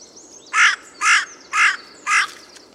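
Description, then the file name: Carrion crow calling with four harsh, raspy caws in a steady series, roughly one every half second, over quiet background. "Corvus corone"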